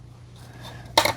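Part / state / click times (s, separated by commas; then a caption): filter into robot vacuum dust bin / seated / 1.0 s. A plastic-framed filter is pushed into the dust bin of an iRobot Roomba 694 robot vacuum. After a second of quiet low hum with faint rustling, a sharp, loud snap sounds at 1.0 s, followed by a smaller tick just after. The filter snaps into place and is seated.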